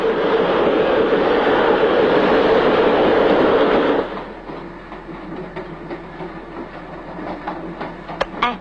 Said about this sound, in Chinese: 你说这火车要去澳洲的话该多好啊。